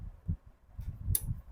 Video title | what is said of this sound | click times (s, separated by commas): วงเดือนหลุดออกมาเองใส่เข้าไปไม่ได้ลองทำตามคลิปใส่ได้แน่นอนง่ายๆๆ😊🛠#กระเช๊าหลุด #กระโลกหลุด#Janome | ซ้ายนะครับแล้วก็ให้ดังแก๊กนะครับแล้วก็ฝั่งขวานะครับนี่ | 1.2 s